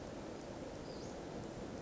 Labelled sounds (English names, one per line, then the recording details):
Western Flycatcher
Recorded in Sonoma County, California